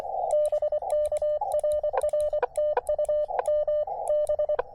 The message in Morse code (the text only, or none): BK RR TU M B